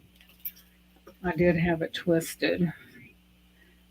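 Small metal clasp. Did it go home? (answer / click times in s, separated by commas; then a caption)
released / 0.5 s. A metal clasp on a necklace or bracelet is pressed at its release and opens, giving a single sharp click at 0.5 s. Afterward someone talks.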